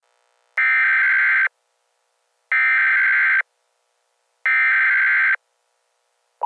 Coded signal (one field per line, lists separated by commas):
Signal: Emergency Alert System (SAME) tones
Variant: header bursts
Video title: EAS Scenario - The Strangest End